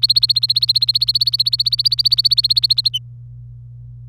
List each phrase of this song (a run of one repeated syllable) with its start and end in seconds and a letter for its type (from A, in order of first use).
0.00-2.88 A